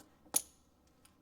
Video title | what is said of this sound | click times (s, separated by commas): CUSTOMER STATES SMELLS LIKE FUEL AND GETS BAD GAS MILEAGE! HOW TO REPLACE A OXYGEN SENSOR. | when you slide these in make sure you hear audible click as you'll see i'll be quiet here for a second you could probably pick it up | 0.4 s